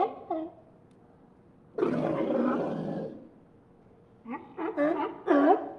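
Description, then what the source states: Sea lion barks and a long, rough, roaring bellow, followed by a rapid cluster of overlapping honking barks at the end. A group of sea lions barking.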